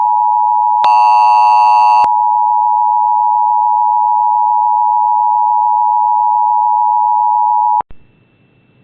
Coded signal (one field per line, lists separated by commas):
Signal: Emergency Alert System (SAME) tones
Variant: 853 and 960 Hz attention tone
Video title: Emergency alert System (Charleston SC #easalert #scary #emergencyalertsystem